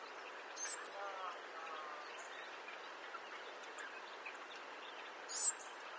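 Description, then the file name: European robin uttering two high, thin falling whistles near the start and end, with a fainter lower sound early on and steady hiss. "Erithacus rubecula"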